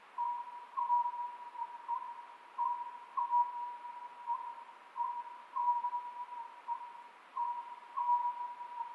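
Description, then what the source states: Oriental scops owl song, rhythmic whistled notes repeated in short phrases throughout, against a steady background tone. Recorded 27 May 2010 at 23:35.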